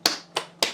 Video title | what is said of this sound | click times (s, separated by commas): FLUVAL FX2 CANISTER filter UNBOXING Micksfishuk | like that these things you just basically click into place | 0.1 s, 0.6 s